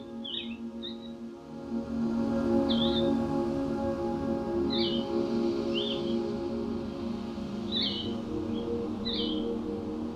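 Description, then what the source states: Blue-headed Vireo song: short, sweet whistled phrases separated by pauses, with a steady low hum underneath throughout. Songful insectivore breeding in boreal and montane forests; most-used song slower and sweeter than red-eyed vireo's, longer pause between phrases; audio modified for listeners with high-frequency hearing loss.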